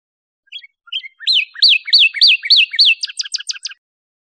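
Northern cardinal singing a phrase of clear downslurred whistles, six in steady succession, then speeding into five rapid sharp notes before stopping.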